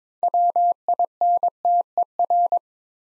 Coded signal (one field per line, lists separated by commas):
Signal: Morse code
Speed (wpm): 23 wpm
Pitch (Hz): 700 Hz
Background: none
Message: WINTER